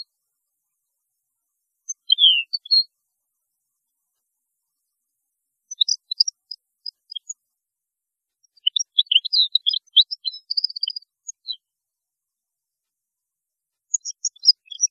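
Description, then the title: European goldfinch twittering in several separate bursts of high, quick tinkling notes with quiet gaps between them. "Chant Chardonneret"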